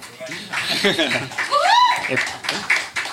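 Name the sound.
audience applause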